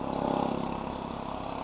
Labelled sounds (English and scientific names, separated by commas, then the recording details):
Western Flycatcher (Empidonax difficilis)
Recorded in Sonoma County, California